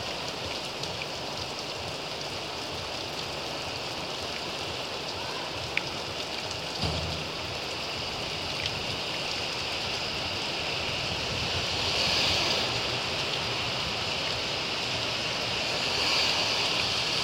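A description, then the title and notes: Rain falls steadily in a city, a dense, even hiss spread from low rumble to bright top. A brief thump lands near seven seconds, and two faint chirps rise out of the wash around twelve and sixteen seconds. 52 seconds of rain fall in brooklyn by Jamstanislaus Rex.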